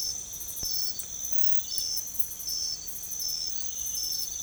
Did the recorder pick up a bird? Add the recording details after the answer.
no. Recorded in secondary vegetation near Puerto Asís, Putumayo, Colombia, on 16 December 2024 at 05:00. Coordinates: 0.468, -76.324. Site G095